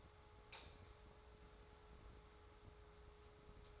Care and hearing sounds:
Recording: daily activity, microphone in the room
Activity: light off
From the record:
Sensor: 3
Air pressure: 1010.2 hPa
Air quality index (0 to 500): 167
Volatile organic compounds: 9 ppm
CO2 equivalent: 2180 ppm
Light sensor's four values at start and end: 51/128/56/61 and 49/120/53/58

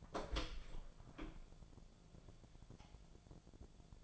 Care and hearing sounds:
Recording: daily activity, microphone in the room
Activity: open door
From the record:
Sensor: 5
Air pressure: 1000.6 hPa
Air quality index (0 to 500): 158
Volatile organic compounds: 2 ppm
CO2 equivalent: 1214 ppm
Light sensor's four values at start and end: 47/110/46/49 and 47/109/46/49

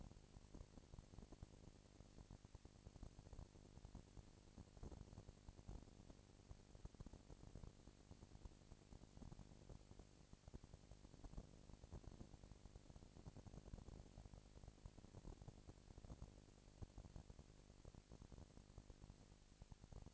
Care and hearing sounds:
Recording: daily activity, microphone in the room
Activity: no activity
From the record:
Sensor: 5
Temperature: 19.8 degrees Celsius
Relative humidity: 36.6%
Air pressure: 997.2 hPa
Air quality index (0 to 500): 168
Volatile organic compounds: 14 ppm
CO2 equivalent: 2438 ppm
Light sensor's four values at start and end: 2/3/1/1 and 2/3/1/1

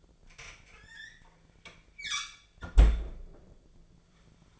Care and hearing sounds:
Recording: daily activity, microphone in the room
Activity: close fridge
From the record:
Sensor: 5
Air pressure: 1009.7 hPa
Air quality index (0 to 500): 166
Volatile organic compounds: 4 ppm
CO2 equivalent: 1611 ppm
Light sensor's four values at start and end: 106/275/114/122 and 105/271/112/120

